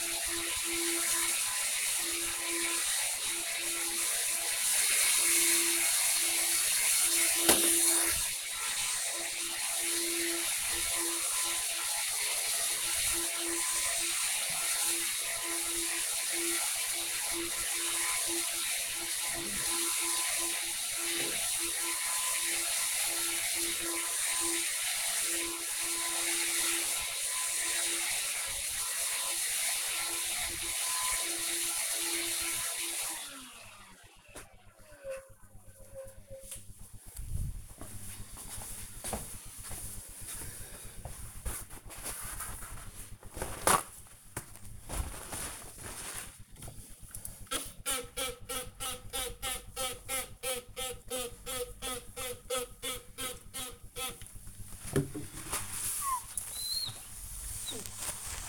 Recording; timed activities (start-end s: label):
household activities, microphone on the right wrist
0.00-32.77 s: vacuum cleaning
40.82-58.49 s: window cleaning